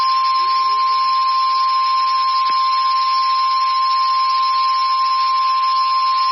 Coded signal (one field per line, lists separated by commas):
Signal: Emergency Alert System (SAME) tones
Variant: 1050 Hz attention tone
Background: speech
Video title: Eas Shv Svr on WXK23 Eas#1578